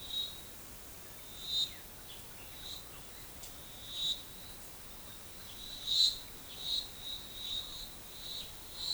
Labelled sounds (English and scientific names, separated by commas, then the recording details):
none
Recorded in forest near Pivijay, Magdalena, Colombia, on 17 April 2023 at 15:30
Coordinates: 10.467, -74.380
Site Z5-G034